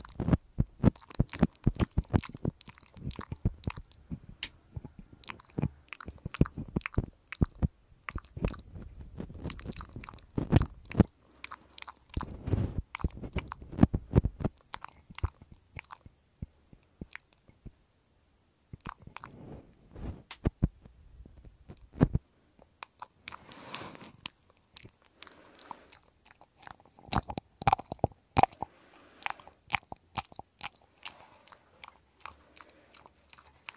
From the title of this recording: penetrating ear cleaning